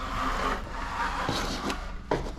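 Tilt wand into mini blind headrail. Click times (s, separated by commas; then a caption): 2.1 s. A plastic tilt wand is pressed into the opening on a Mainstays mini blind headrail, with steady rubbing and scraping sounds as it is worked in. A sharp click at 2.1 s marks the wand seating in place.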